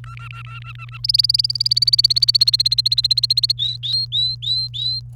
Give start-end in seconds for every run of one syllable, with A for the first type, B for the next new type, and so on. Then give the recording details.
0.04-0.98 A, 1.04-3.52 B, 3.57-5.00 C. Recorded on 28 April 2018 at 06:23. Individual llb3